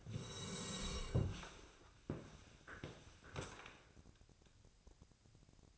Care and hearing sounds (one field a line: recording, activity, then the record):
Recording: daily activity, microphone in the room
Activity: sit down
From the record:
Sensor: 2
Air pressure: 1000.3 hPa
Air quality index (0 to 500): 160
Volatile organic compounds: 3 ppm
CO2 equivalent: 1340 ppm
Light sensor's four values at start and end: 8/17/8/8 and 9/20/9/9